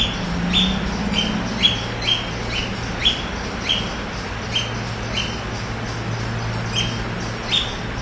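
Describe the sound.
Bird repeating quick, high, falling chirps, roughly two per second, with a low droning hum underneath.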